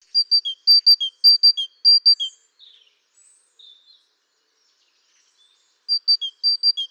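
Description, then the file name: Great tit song: bright two-pitched phrases, two high notes then a lower one, repeated in a quick run, a pause with faint chirps, then the phrase resumes. "Parus major"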